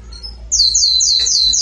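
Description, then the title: Belgian canary song: quiet start, then a rapid run of loud, high, sweeping trilled notes repeated without pause. "Canario Belga. Salsa Cantando Disparado"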